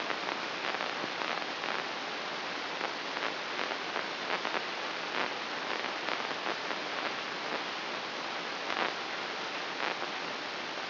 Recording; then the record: brain microelectrode recording played as sound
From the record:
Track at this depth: inside the subthalamic nucleus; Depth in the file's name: 4.938 mm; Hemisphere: right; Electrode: 2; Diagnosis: Parkinson's disease